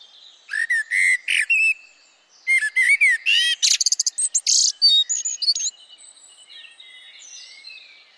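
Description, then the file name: Eurasian blackbird song: a few mellow whistled notes, then a rapid stream of chattering high squeaks, trailing off into soft faint twitters. "Turdus merula"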